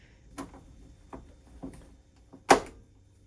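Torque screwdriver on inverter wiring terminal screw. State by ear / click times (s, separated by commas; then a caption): torque reached / 2.5 s. A torque screwdriver set to 18 inch-pounds is turned on a wiring terminal screw of an EG4 6000 XP inverter, with soft ticks of the driver working at about 0.4, 1.1, 1.6 and 1.7 seconds. The clutch releases in a sharp, much louder click at 2.5 seconds, confirming the screw has reached the 18 inch-pound setting.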